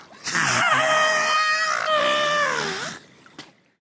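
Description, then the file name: Beluga calls: two long, bright, harmonic squeals with bending, wavering pitch. "zvuki belukhi"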